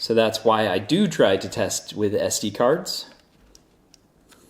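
Someone talks while handling a 16 GB SD memory card at a digital camera's card slot, testing it because the slot's spring ejector mechanism can, in rare cases, be broken. The speech stops around 3.1 seconds, followed by quiet with two faint, brief ticks near 3.5 and 3.9 seconds. The card has not yet seated or clicked into place.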